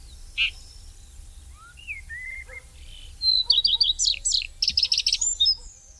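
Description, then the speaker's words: Red-backed Shrike: a few scattered short notes and rising whistles, then a rapid burst of sharp, scratchy chattering notes. Alarm, contact or anxiety calls; the shrike sings, but not very loudly; described as like a small bird of prey living in bushes. "Ici, on l'entend en train d'alarmer, de faire ses cris de contact ou ses cris d'inquiétude."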